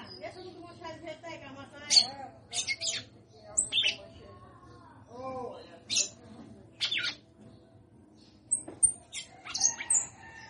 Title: Canto Galo Campina Fêmea. Fêmea de Galo de campina cantando muito